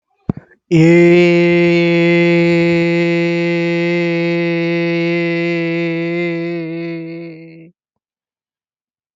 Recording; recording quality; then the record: sustained vowel as in made; excellent, no background noise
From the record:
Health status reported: healthy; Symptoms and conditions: cough, hypertension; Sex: male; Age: 39 years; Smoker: not ticked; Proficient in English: yes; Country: India